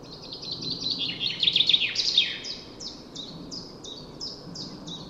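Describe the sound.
Common chaffinch with a bright, fast cascade of descending notes that swells into a rattling end, followed by evenly spaced high downslurred chirps.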